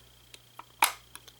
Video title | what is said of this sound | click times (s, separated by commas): 1:18 Diecast Review Unboxing of Lamborghini Countach 5000S & 25th Anniversary by Autoart | got your doors with the little struts they click in place a little | 0.8 s